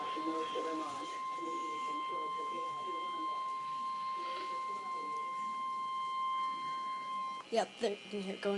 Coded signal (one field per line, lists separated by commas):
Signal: Emergency Alert System (SAME) tones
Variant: 1050 Hz attention tone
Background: speech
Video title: NOAA Weather Radio: Flood Warning (EAS #21)